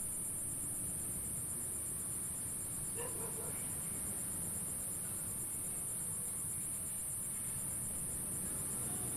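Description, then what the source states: Insect sound, an unbroken shrill high buzz with quick regular pulses, set over rolling ocean waves, with one short burst of lower chirps near the third second. Insect calls zapping above calm ocean waves at Phan Rang.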